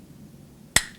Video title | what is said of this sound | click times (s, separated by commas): Two Wheels: Season 7, Ep. 9 | We're going to push it down and you'll hear a click. | 0.8 s